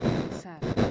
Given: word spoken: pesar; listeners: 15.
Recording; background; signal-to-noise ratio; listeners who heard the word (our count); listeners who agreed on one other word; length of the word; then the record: one Spanish word in noise, from a listening test; noise modulated by one talker; -11.3 dB; 0 of 15; 10 of 15; 0.51 s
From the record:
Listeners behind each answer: 10, 4, 1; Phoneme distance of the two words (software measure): 7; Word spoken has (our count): 2 syllables, 5 phonemes, stress on syllable 2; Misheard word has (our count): 2 syllables, 6 phonemes, stress on syllable 2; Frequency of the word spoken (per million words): 206.05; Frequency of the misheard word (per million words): 136.86